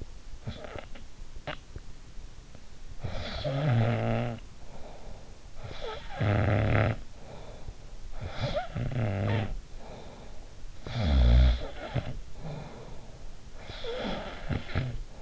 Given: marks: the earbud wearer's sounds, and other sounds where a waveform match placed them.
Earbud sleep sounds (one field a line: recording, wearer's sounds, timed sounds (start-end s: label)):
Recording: sounds in sleep by an in-ear microphone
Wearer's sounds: snoring breath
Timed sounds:
0.36-1.67 s: snoring breath
2.57-15.22 s: snoring breath